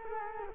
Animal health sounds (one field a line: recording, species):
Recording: mosquito wingbeat signal from an infrared sensor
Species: Culex quinquefasciatus